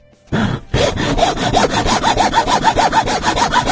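Loud, harsh sawing or filing: after a short opening scrape, quick back-and-forth strokes repeat in a steady, fast rhythm, with a gritty rasping texture and no voices.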